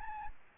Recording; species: mosquito wingbeat signal from an infrared sensor; Aedes albopictus